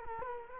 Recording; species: mosquito wingbeat signal from an infrared sensor; Culex quinquefasciatus